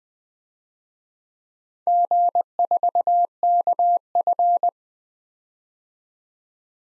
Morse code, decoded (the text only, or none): G4KF